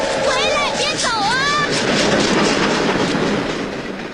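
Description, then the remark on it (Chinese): A train pulls away from a station with a steady, loud rolling rumble and rattle that fades slightly toward the end, while voices shout briefly over it in the first couple of seconds. “甜瓜没买上，还误了火车。”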